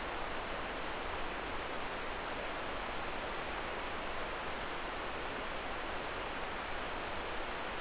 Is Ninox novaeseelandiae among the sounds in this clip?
no